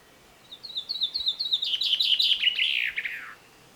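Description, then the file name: Common chaffinch singing: repeated bright notes cascade downward in steps, becoming a rapid rattling trill that finishes with a descending buzzy flourish. "Fringilla coelebs"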